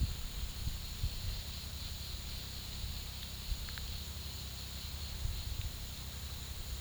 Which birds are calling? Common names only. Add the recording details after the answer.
none. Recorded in pastures near Puerto Asís, Putumayo, Colombia, on 18 February 2024 at 15:00. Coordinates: 0.486, -76.323. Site G6462